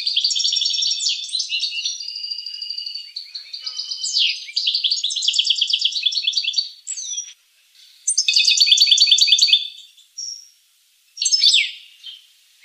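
Finch song, dense high twittering trills at first, then broken into separate bursts of rattling notes and quick downward slurs with gaps between.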